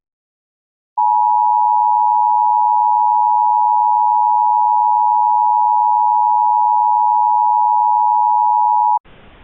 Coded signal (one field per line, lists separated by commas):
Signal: Emergency Alert System (SAME) tones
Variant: 853 and 960 Hz attention tone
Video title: EAS Reenactment Mock: Grand Rapids issues SVR